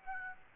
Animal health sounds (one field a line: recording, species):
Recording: mosquito wingbeat signal from an infrared sensor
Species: Aedes aegypti